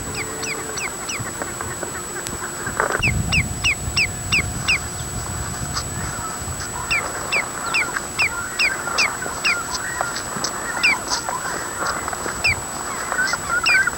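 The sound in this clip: Bird calls: rapid series of high, falling paired notes, broken by a loud thump and continuing, over a busy background of other bird chatter.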